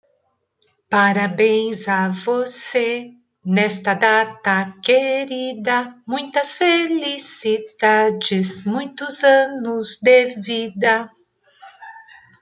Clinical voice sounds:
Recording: short text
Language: Brazilian Portuguese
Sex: female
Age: 50 to 59 years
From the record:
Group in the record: control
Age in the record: 53 years

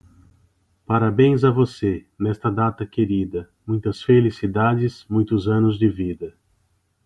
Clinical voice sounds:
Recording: short text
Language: Brazilian Portuguese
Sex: male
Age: 40 to 49 years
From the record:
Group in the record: control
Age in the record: 45 years

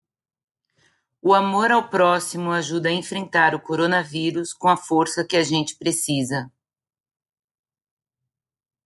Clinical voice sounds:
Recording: spoken sentence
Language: Brazilian Portuguese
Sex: female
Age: 50 to 59 years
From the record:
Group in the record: control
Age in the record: 53 years

